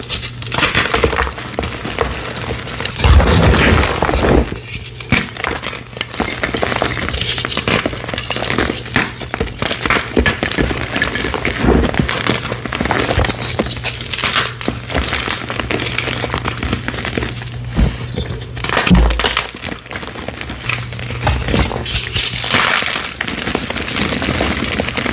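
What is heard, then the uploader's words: Blocks of gym chalk are crushed in a dense, continuous stream of crunching and crumbling, bright. Louder cracking bursts stand out near 3, 19 and 22 seconds, over a faint steady low hum. 100 Blocks Gym Chalk Mass Crush.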